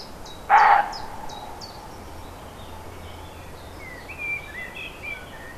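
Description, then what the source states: Roe deer barking once near the start, short and gruff, amid birds singing thin falling whistles, with warbling bird phrases later. Recorded 5 May 2011 on an MZ-N710 recorder.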